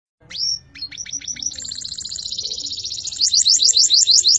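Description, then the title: Canary song: a bright whistled opening note, then repeated high notes running into a rapid trill that grows louder, ending in a series of loud sharp sweeps. Champion canary. "Kicau Burung Kenari Juara"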